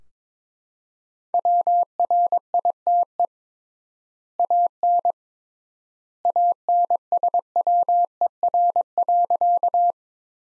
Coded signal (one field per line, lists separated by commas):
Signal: Morse code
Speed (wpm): 21 wpm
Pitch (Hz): 700 Hz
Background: none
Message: WRITE AN ANSWER.